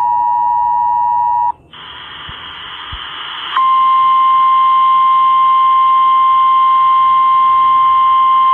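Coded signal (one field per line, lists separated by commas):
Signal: Emergency Alert System (SAME) tones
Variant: 853 and 960 Hz attention tone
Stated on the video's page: Flash flood warning EAS activation from the National Weather Service in Boston/Norton, relayed by a radio station.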